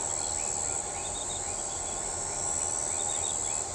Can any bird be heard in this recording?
no